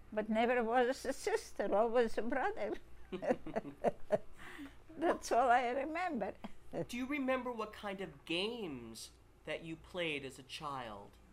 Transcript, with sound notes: but never was a sister, always a brother. (laughs) That's all I remember.
Do you remember what kind of games that you played as a child?